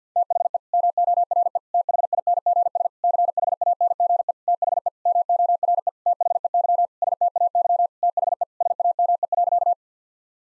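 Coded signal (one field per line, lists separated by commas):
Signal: Morse code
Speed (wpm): 50 wpm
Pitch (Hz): 700 Hz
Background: none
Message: THE MORE THINGS CHANGE THE MORE THEY STAY THE SAME.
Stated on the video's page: Morse sentence-copying drill of common nine-word phrases at 50 wpm, each sentence sent, then spoken, then sent again, with the first words spoken beforehand.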